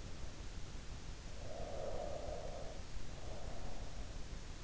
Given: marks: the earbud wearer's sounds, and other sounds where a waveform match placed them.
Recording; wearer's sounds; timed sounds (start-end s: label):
sounds in sleep by an in-ear microphone; breath
1.22-3.86 s: breath